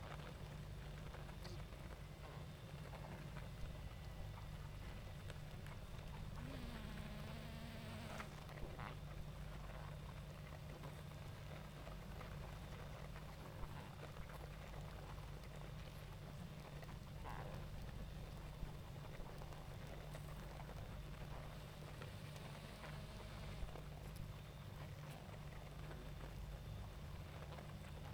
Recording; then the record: honeybee colony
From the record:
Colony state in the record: active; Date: 28 July 2017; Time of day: 20:01